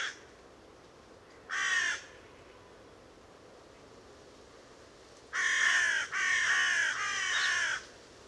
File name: Corvus corone